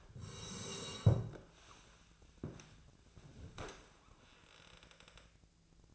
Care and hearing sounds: daily activity, microphone in the room; sit down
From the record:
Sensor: 2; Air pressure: 1000.3 hPa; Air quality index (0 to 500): 159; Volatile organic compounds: 3 ppm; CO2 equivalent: 1328 ppm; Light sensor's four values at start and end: 10/20/9/10 and 8/20/8/9

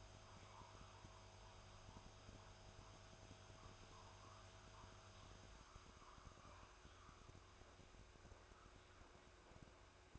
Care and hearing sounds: daily activity, microphone in the room; make coffee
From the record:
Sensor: 2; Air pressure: 1004.1 hPa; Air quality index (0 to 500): 192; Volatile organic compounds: 11 ppm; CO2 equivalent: 2304 ppm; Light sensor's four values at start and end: 4/11/4/4 and 4/11/4/4

